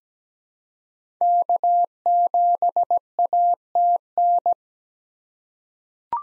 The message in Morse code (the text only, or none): K7ATN